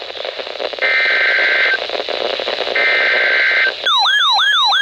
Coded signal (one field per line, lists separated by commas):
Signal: Emergency Alert System (SAME) tones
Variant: header bursts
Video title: Tornado Warning #2 - 06/15/22 (EAS #2,513)